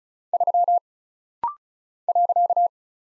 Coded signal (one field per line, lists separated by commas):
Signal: Morse code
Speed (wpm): 35 wpm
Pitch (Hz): 700 Hz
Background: none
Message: 3 .